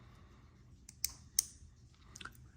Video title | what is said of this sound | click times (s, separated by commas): Lego McClaren F1 Speed Champions Opening During A Major Rainstorm! Happy 2024 F1 Opening Weekend! | kind of gently pops right in there just like that | 1.4 s